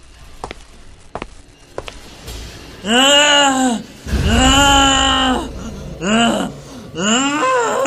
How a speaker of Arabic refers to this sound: بتحرك بتحرك، شكله قطع الجنازير. انت سمعتي بدانك؟ انا كنت ماشية من عند الممر اللي بيوصل للطبق الارضي وسمعته بعوي وبخبط بالجنازير وبالحديد.